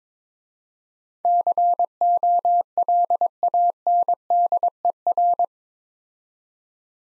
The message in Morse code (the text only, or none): COLANDER